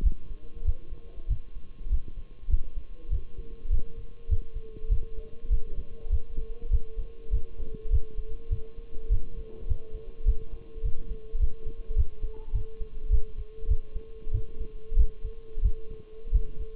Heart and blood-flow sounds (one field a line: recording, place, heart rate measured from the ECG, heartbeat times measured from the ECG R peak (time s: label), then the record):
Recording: heart sounds by stethoscope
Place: between the tricuspid and mitral areas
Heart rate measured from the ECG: 99 bpm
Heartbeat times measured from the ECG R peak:
0.04 s: heartbeat
0.66 s: heartbeat
1.29 s: heartbeat
1.91 s: heartbeat
2.51 s: heartbeat
3.12 s: heartbeat
3.72 s: heartbeat
4.30 s: heartbeat
4.91 s: heartbeat
5.51 s: heartbeat
6.12 s: heartbeat
6.72 s: heartbeat
7.33 s: heartbeat
7.92 s: heartbeat
8.52 s: heartbeat
9.11 s: heartbeat
9.69 s: heartbeat
10.27 s: heartbeat
10.84 s: heartbeat
11.41 s: heartbeat
11.98 s: heartbeat
12.55 s: heartbeat
13.12 s: heartbeat
13.70 s: heartbeat
14.34 s: heartbeat
14.98 s: heartbeat
15.64 s: heartbeat
16.34 s: heartbeat
From the record:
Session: Bruce protocol treadmill stress test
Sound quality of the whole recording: partially saturated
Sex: male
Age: 23 years